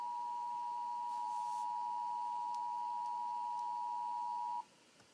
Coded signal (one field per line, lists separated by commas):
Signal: Emergency Alert System (SAME) tones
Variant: 853 and 960 Hz attention tone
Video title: Cajon Pass Train Wreck 94 EAS